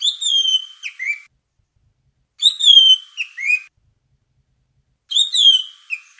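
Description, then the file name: Bird call, a bright whistled phrase that glides down, then drops to a lower note, repeated three times roughly every two and a half seconds. "suara am call omkicau"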